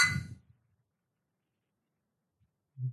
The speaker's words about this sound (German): Während wir anstoßen und ein Schlückchen trinken, möchte ich das Ganze etwas untermalen mit einem kleinen Musikstück, was ich gefunden habe. Prost. Prost.